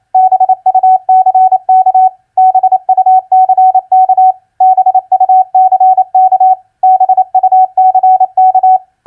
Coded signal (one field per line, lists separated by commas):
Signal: Morse code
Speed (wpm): 28 wpm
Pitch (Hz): 750 Hz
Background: none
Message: BUCK BUCK BUCK BUCK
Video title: Morse Code Practice Word Recognition FISH-BIRD-BUCK 28wpm Repeated